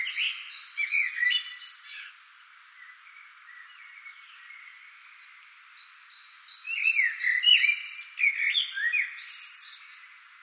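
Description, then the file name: Common blackbird song: a mellow warbled phrase, a pause, then a louder fluty phrase breaking into high chattering twitters, with a high repeated note series alongside. "Turdus merula"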